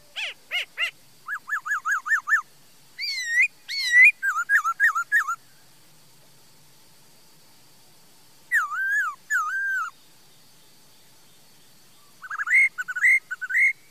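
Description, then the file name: Laughingthrush song: bursts of fast whistled notes and looping slurred phrases, separated by pauses, with varied rising and falling whistles. "Tieng khuou hot"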